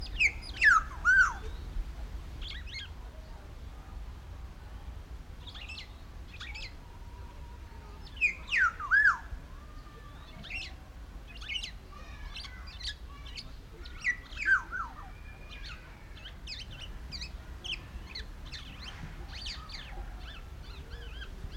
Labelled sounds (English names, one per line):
Black-naped Oriole